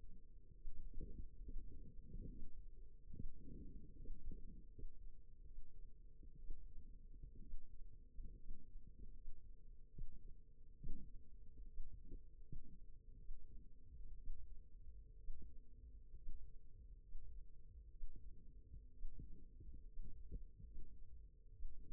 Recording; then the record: forearm muscle sounds (acoustic myography)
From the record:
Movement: rest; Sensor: system 2, bracelet of six BSWA MPA416 microphones around the upper forearm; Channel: 4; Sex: female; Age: 22 years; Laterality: right